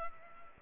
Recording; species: mosquito wingbeat signal from an infrared sensor; Culex pipiens